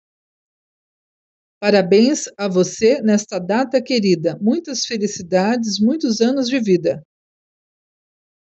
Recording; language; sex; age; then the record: short text; Brazilian Portuguese; female; 50 to 59 years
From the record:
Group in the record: control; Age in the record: 50 years